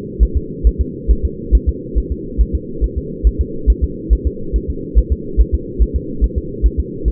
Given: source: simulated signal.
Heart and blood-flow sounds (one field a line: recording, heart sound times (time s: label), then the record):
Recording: fetal heart sounds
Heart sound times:
0.23 s: S1
0.37 s: S2
0.67 s: S1
0.81 s: S2
1.11 s: S1
1.25 s: S2
1.55 s: S1
1.69 s: S2
1.98 s: S1
2.12 s: S2
2.41 s: S1
2.55 s: S2
2.84 s: S1
2.98 s: S2
3.27 s: S1
3.41 s: S2
3.70 s: S1
3.84 s: S2
4.13 s: S1
4.27 s: S2
4.56 s: S1
4.70 s: S2
4.99 s: S1
5.12 s: S2
5.41 s: S1
5.55 s: S2
5.82 s: S1
5.96 s: S2
6.24 s: S1
6.38 s: S2
6.66 s: S1
6.80 s: S2
7.08 s: S1
From the record:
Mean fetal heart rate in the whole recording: 140 bpm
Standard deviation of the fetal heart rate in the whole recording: 2 bpm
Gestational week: 34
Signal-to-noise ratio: -4.3 dB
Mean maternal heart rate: 72 bpm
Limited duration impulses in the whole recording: present